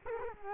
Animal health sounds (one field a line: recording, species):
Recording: mosquito wingbeat signal from an infrared sensor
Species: Culex quinquefasciatus